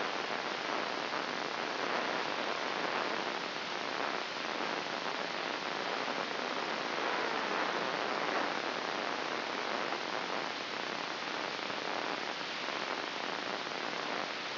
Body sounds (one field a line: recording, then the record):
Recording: brain microelectrode recording played as sound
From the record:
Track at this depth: inside the subthalamic nucleus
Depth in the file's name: 6.907 mm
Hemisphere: left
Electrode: 3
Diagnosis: Parkinson's disease